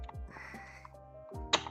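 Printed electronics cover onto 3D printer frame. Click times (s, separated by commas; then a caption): 1.5 s. A printed plastic electronics cover is pushed onto the frame of a TicTac v2.1 3D printer with the cable chain in place, over steady background music and a few faint ticks. At 1.5 s it snaps into place with a sharp, bright click, and the cover is seated.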